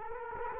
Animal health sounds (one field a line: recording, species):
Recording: mosquito wingbeat signal from an infrared sensor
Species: Culex quinquefasciatus